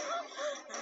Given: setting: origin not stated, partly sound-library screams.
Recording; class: one-second piece from a danger detection set; woman in danger